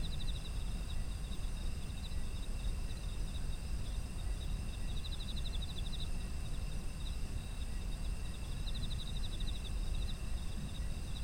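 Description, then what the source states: Autumn insects: high steady ringing with intermittent rattling chirp trains, over a persistent low rumble. Autumn insect ambient sound.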